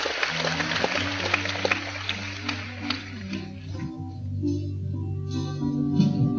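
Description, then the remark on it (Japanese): A concert audience applauds the backing band as it is introduced, with a dense crackle of clapping that thins out after a few seconds, while sustained low instrumental notes hold steady underneath and carry on once the clapping fades. “温かい拍手どうぞよろしくお願いいたします。”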